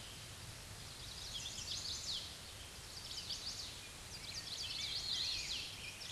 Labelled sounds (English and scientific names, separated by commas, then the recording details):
Chestnut-sided Warbler (Setophaga pensylvanica) song
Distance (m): 55 m
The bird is about level with the microphone
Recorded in a Pennsylvania forest on 16 May 2024 at 07:05
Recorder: AudioMoth, point MSD-0814
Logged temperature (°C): 15.8 °C
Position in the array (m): 182 m, 62 m